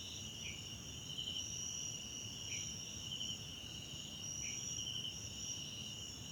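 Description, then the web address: High cricket chorus, steady and pulsing, with a short lower chirp recurring about every two seconds. Background chorus of South African crickets recorded at night in a wetland park at Kosi Forest Lodge, South Africa. "Tonschliff - SOUTH AFRICAN CRICKETS BG South Africa Wetland Park Kosi Forest Lodge Night"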